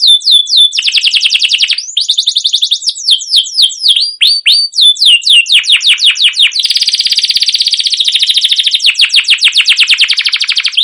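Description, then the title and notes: Canary singing a long unbroken sequence of quick downward-sweeping chirps and dense rattling trills, all high-pitched. Long continuous chirping canary song, used as a lure to prompt young canaries to sing and learn. "CUIT CUIT NGEROL LANGSUNG GACOR PANJANG Kenari Ini Utk Pancingan KENARI PAUD BELAJAR BUNYI. burung kenari"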